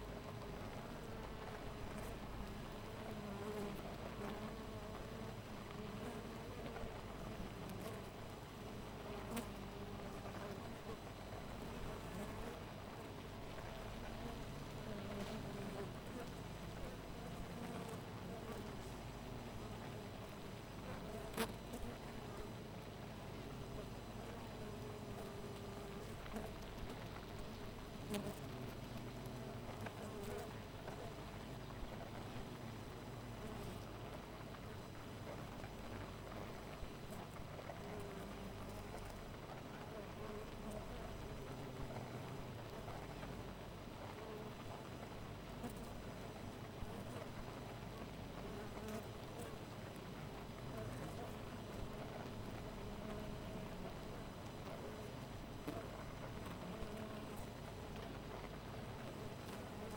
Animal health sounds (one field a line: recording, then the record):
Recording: honeybee colony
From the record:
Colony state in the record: missing queen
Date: 14 July 2017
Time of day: 4:22